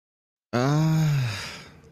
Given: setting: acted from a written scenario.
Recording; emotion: vocal sound without words; guilt